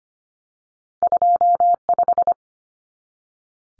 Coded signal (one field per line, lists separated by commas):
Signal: Morse code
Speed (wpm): 25 wpm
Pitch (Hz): 700 Hz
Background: none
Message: 25